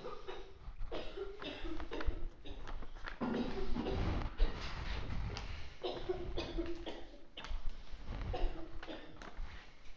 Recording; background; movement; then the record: deep breathing; a bystander coughing; walking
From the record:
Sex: male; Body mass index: 21.0 kg/m2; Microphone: on the chest, facing outward